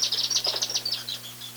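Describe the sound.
Chimney Swift chatter, a quick run of high, sharp twittering chips that slows and fades toward the end, with a low steady hum beneath.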